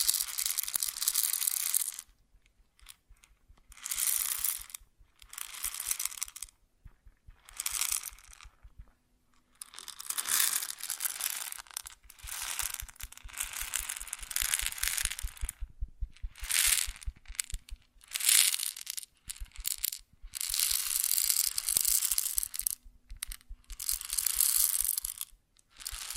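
Grain pours and rustles in repeated bright, hissing bursts, each lasting one to three seconds with short silent gaps between. The bursts come irregularly, about a dozen in all, and grow longer and denser near the end, with faint ticking clicks underneath.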